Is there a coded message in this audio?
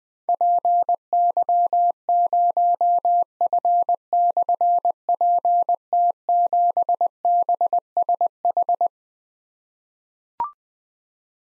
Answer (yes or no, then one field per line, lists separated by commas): yes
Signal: Morse code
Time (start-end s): 0.3-8.9 s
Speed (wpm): 20 wpm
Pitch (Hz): 700 Hz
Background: none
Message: PY0F/PT7BSH